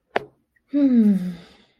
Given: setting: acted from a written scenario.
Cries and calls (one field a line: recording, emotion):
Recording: vocal sound without words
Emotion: contentment